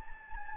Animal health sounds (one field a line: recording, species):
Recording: mosquito wingbeat signal from an infrared sensor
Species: Anopheles gambiae